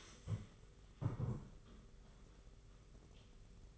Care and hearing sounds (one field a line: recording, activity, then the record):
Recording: daily activity, microphone in the room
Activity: stand up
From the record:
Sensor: 4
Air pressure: 991.3 hPa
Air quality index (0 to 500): 137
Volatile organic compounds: 53 ppm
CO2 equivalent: 3338 ppm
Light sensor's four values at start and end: 25/80/30/31 and 25/80/30/31